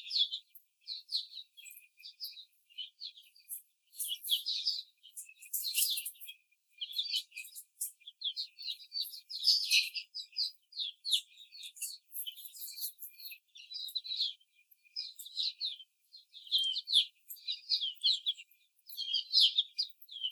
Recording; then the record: young laying hens in a cage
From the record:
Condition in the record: after the stressor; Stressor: simulated dog barking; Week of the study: 4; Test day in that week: 2